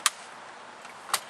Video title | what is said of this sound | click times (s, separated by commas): Ford Taurus Installing A Temperature Control Switch | slide it back into its slot and you can you can hear it when it clicks back into place | 0.1 s, 1.1 s